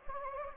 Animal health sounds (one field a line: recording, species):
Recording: mosquito wingbeat signal from an infrared sensor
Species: Anopheles gambiae